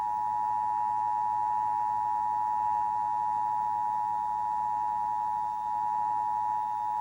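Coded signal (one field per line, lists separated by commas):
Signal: Emergency Alert System (SAME) tones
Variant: 853 and 960 Hz attention tone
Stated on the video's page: Broadcast TV Required Monthly Test for the Kansas City metro area, ripped from an old VHS tape.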